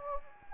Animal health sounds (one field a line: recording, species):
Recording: mosquito wingbeat signal from an infrared sensor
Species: Anopheles gambiae